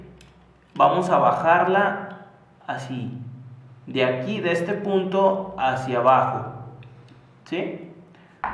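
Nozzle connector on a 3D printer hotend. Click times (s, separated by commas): 8.4 s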